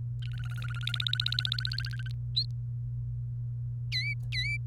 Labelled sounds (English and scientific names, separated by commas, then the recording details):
Domestic Canary (Serinus canaria) song
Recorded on 28 April 2018 at 07:40
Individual llb3